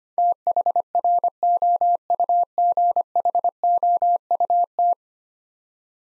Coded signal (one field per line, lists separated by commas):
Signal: Morse code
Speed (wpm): 25 wpm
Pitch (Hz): 700 Hz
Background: none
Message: THROUGHOUT